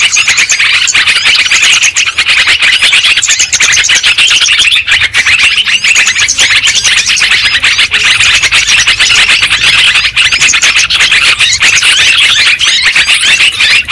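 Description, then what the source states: Lovebirds calling nonstop: a loud, shrill wall of squeaky twitters and sharp chirps with no quiet gaps. Lure sound used for trapping birds.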